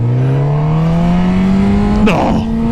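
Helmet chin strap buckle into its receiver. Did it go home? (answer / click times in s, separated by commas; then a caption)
no / none. A helmet chin strap buckle is handled and pushed toward its receiver after a failed attempt, but nothing has seated or clicked yet. A steady engine-like hum rises slowly in pitch throughout, with a brief broadband rustle near 2.1 s.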